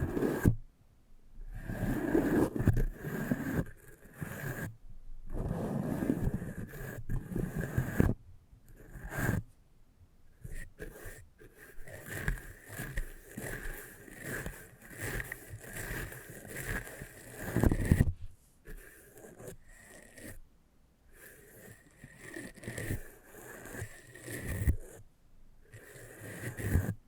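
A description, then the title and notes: Eardrum massage sounds: soft, uneven rubbing and scraping in bursts, broken by short silent gaps, with a faint steady tone underneath. ASMR Intimate Eardrum Massage.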